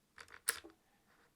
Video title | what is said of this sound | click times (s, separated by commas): Zhiyun WEEBILL 3S - Complete beginners Guide - Start Here - Tutorial | what we're going to do now is to slide the big plate through this Gap right here and we're gonna slide it from the front you will hear a click | 0.5 s